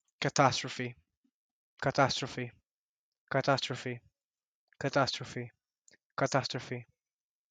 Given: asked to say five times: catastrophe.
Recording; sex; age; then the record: repeated word; male; 20 to 29 years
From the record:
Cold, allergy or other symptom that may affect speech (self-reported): no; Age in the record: 26 years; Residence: Texas, United States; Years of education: 15